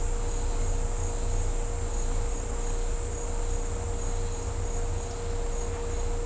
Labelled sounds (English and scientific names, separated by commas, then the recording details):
none
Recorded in dense forest near Puerto Asís, Putumayo, Colombia, on 20 December 2024 at 10:00
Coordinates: 0.503, -76.323
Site G043